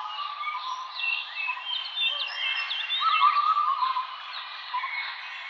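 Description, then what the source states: Chirping birds, several singers overlapping with sharp upward whistles, a louder warbled phrase near the middle and a constant trilling background. Birds chirping in a forest.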